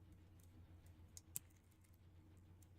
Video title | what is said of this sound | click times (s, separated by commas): MG Gelgoog Gunpla Laid Back Build C³ Stream (Chill Chat Create) | I like to try and just brute force it until it clicks in there. | 1.4 s